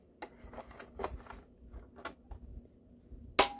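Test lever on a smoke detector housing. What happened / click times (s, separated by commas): The plastic test lever snapped into its latched position / 3.4 s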